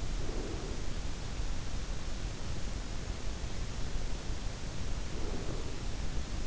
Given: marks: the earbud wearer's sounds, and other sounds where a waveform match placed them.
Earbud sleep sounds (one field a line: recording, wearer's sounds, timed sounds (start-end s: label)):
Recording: sounds in sleep by an in-ear microphone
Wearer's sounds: breath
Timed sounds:
0.00-1.50 s: breath
4.68-6.35 s: breath